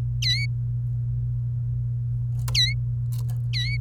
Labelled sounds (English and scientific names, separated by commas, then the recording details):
Domestic Canary (Serinus canaria) song
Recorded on 28 April 2018 at 09:55
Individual llb3